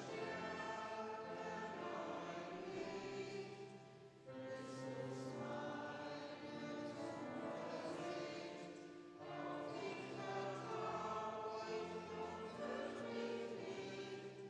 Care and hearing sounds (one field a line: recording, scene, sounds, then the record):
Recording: everyday scene through a hearing-aid microphone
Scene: reverberant space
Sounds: music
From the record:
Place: church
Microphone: in the ear canal, left